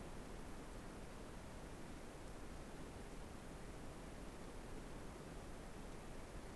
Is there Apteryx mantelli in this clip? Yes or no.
no